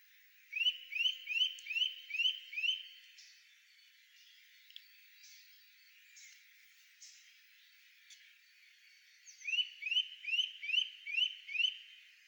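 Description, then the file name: Eurasian nuthatch calling: a rapid series of clear rising whistled notes, a pause with scattered faint notes, then another rising series. "Sitta europaea"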